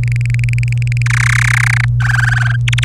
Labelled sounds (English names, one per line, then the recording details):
Domestic Canary song
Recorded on 26 April 2018 at 18:21
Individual llb3